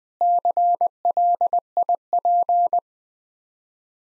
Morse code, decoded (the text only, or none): CLIP